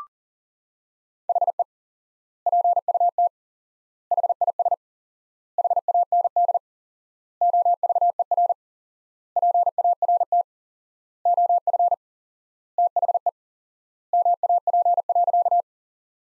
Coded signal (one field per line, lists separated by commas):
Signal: Morse code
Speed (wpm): 40 wpm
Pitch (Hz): 700 Hz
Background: none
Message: HE PUT HIS HAND OVER PART OF THE MAP.